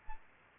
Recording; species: mosquito wingbeat signal from an infrared sensor; Aedes albopictus